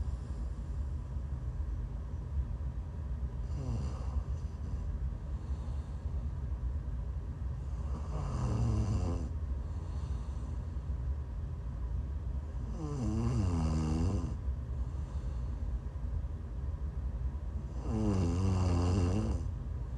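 ASMR snoring by an adult sleeper: low, buzzing, harmonic snores recur about every five seconds over a steady background hiss.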